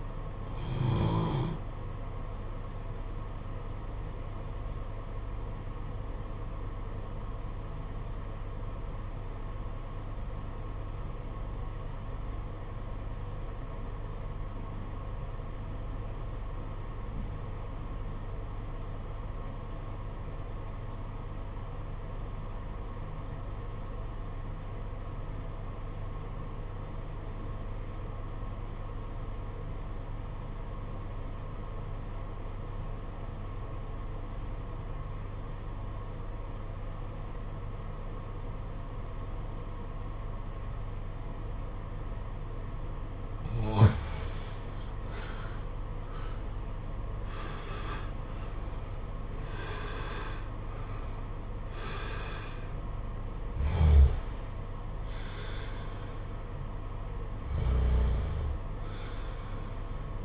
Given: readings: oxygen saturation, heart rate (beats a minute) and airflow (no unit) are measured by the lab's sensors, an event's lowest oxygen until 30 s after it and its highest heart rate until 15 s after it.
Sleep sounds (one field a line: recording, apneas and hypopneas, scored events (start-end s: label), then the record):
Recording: breathing in sleep by a smartphone at the bedside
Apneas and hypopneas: 1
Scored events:
8.00-44.60 s: obstructive apnea (REM, oxygen 96% highest, then 73% lowest, heart rate 50 at the start, 89 highest)
From the record:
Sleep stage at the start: REM sleep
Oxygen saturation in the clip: 74 to 96%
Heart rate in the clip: 44 to 89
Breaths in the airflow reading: 7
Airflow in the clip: -7.3 to 13.8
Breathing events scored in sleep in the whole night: 476 in 9.7 hours asleep